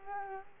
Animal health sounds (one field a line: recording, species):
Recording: mosquito wingbeat signal from an infrared sensor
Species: Culex quinquefasciatus